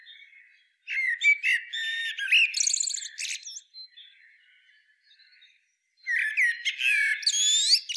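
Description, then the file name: Common blackbird with two loud bursts of rapid, shrill twittering and trilled notes, separated by a quiet stretch of faint soft chatter. "Turdus merula"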